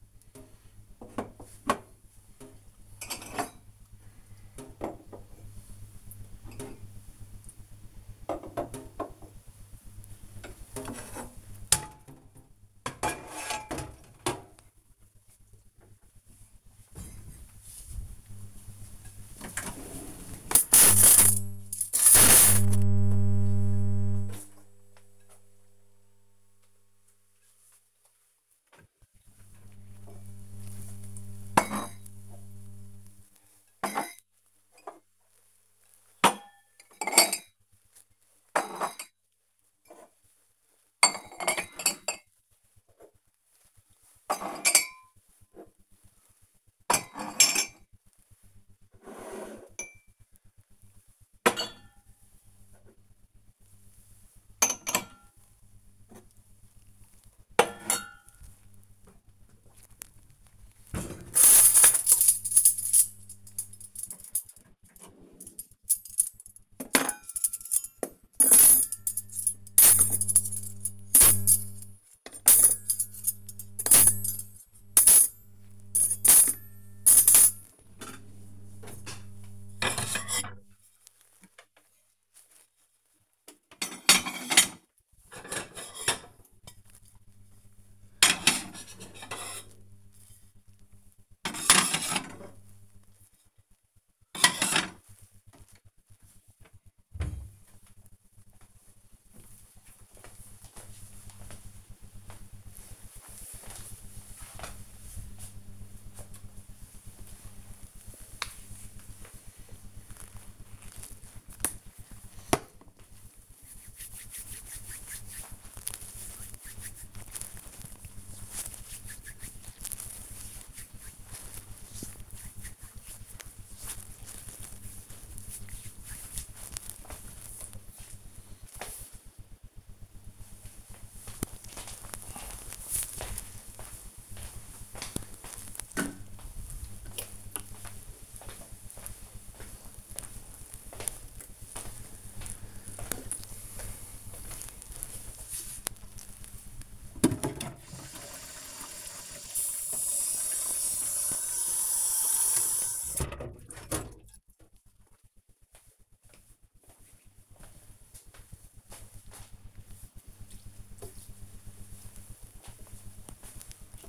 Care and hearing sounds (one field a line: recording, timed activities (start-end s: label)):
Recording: household activities, microphone on the right wrist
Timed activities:
25.65-97.12 s: putting away the dishes
106.18-127.30 s: cream hands
145.43-164.09 s: watering plant